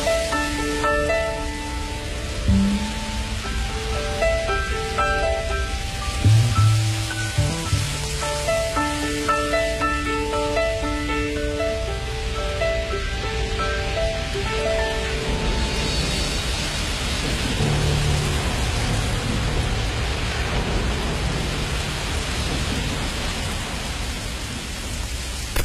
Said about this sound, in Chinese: 这个雨声真的是应时应景，我们就是在今天感受着雨，感受着冷之后回到了家里。